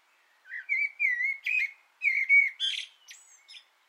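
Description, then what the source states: Common blackbird delivering a fluty, warbling song phrase of several smooth whistled notes, closing with thin high squeaky twitters. Singing from an antenna, recorded 6 June 2025.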